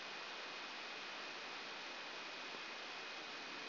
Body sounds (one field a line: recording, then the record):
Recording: brain microelectrode recording played as sound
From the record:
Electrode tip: outside the subthalamic nucleus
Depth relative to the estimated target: -6 mm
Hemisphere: right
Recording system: AlphaMap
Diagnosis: Parkinson's disease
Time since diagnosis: 15 years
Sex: female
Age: 68 years